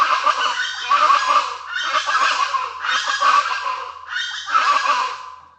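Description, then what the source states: Birds calling in a dense, harsh chorus, in loud overlapping bursts that swell and fade several times. Tropical forest birds, calling in a noisy ruckus at dawn.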